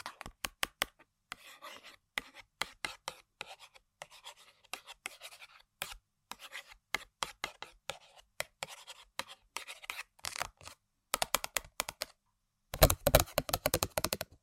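Tapping and scratching on assorted objects: sharp, irregular clicks and taps scattered through, with soft scraping textures filling gaps between about 1 and 11 seconds. Near the end a dense, louder flurry of rapid taps runs from roughly 12.8 seconds onward.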